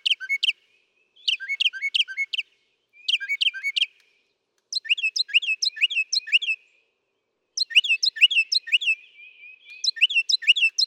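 Northern mockingbird song of quick mixed chirps and downslurred notes in repeated phrases separated by short pauses.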